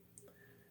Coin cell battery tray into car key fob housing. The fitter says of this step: you might hear a click it might just stop but you just want to make sure that is secure before you put your